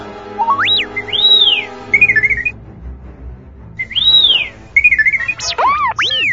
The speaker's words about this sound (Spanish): Días antes, nuestro joven Jedi se había encontrado un celular tirado. Justo en ese momento, por azares del destino, o por coincidencias estelares, el celular empezó a sonar.